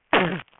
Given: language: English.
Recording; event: throat vibration sensor signal played as sound; cough